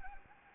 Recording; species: mosquito wingbeat signal from an infrared sensor; Anopheles arabiensis